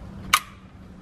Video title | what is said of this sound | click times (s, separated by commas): 2012-2022 Mitsubishi Mirage G4 - Combination Switch Clock Spring Replacement | if you heard that clicked in there | 0.3 s